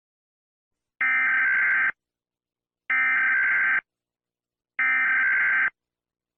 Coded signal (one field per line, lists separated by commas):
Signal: Emergency Alert System (SAME) tones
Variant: header bursts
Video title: Eas Secnario: Gacha Invasion